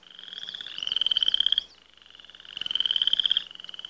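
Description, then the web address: A frog gives two loud, rapidly pulsed croaking trills separated by a brief quieter gap. "лягушки"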